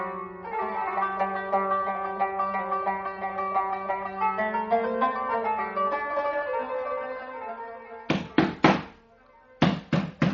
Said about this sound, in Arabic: يقول أبو بكر، من ذا الذي يضرب علينا الباب بعنف؟ فلينظروا من خلال الباب. يقول علي، يا رسول الله، إنه عمر بن الخطاب متوشحا بالسيف.